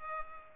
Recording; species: mosquito wingbeat signal from an infrared sensor; Culex pipiens